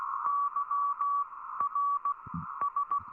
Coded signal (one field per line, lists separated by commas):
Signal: Morse code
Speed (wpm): 16 wpm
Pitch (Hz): 1140 Hz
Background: none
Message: YRS